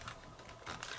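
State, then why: Not seated. A leg part of a plastic and die-cast TFC ST Commander (Optimus Prime) transforming robot figure is angled down and lined up with its joint, making a run of small plastic taps and handling clicks, with a sharper tick around 0.8 s. Nothing has seated or clicked into place yet.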